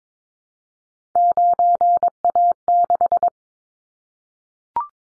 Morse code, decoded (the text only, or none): 9A6